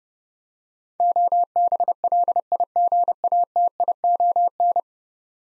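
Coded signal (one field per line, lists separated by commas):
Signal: Morse code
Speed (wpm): 32 wpm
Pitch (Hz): 700 Hz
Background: none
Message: OBLIGATION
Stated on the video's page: Morse code head-copy drill of ten-letter words at 30 wpm; each word is sent, spoken, then sent again.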